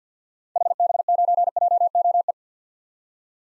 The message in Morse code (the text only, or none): HB9JOE